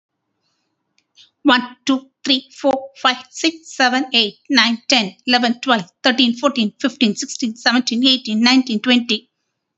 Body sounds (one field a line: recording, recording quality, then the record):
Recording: counting at a fast pace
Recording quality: excellent, no background noise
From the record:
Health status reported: recovered from COVID-19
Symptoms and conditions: breathing difficulty, fever, fatigue, muscle pain, asthma, pneumonia, hypertension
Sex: female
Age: 49 years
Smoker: not ticked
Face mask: not worn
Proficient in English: yes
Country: India